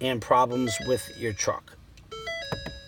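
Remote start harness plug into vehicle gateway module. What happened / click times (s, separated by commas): The connector is handled but has not clicked home yet / none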